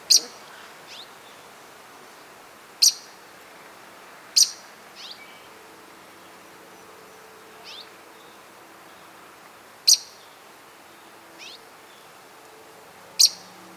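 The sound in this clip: Bird calls, single sharp high chip notes spaced several seconds apart, each sometimes followed by a softer downslurred note, over a steady hiss.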